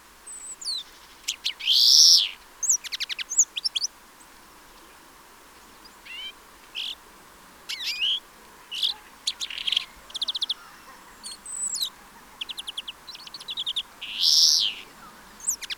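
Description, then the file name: Greenfinch with buzzy wheezes at the start and end, rattling trills and varied chirped notes filling the long stretch between. "Chloris chloris"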